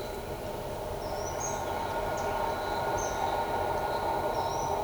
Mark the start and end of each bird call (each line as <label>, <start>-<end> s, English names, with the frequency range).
Ochre-lored Flatbill (4.7-6.3 kHz), 0.99-1.35 s
Groove-billed Ani (5.0-8.1 kHz), 1.39-1.63 s
Groove-billed Ani (4.9-7.9 kHz), 2.96-3.22 s
Ochre-lored Flatbill (5.1-6.4 kHz), 4.32-4.73 s